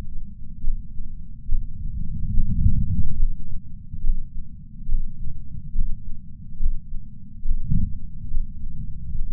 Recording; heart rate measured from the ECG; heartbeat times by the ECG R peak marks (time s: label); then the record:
heart sounds by patch sensor on the chest; 71 bpm
0.65 s: heartbeat
1.50 s: heartbeat
2.35 s: heartbeat
3.21 s: heartbeat
4.04 s: heartbeat
4.90 s: heartbeat
5.77 s: heartbeat
6.61 s: heartbeat
7.46 s: heartbeat
8.32 s: heartbeat
9.16 s: heartbeat
From the record:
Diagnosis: coronary artery disease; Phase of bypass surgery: preoperative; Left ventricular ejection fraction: 69.1%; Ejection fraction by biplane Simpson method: 68.2%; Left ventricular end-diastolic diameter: 44 mm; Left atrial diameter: 36 mm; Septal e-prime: 8.3 cm/s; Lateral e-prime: 8.5 cm/s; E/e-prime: 10.7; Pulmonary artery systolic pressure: 35 mmHg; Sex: male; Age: 76 years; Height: 165 cm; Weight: 79 kg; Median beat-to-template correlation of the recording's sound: 0.89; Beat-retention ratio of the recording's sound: 0.98